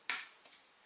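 A single eyeshadow pan with its lid removed is pushed into a slot in a refillable plastic palette. A sharp snap sounds at 0.1 s, followed by a fainter tick near 0.5 s. The pan seats securely in the palette.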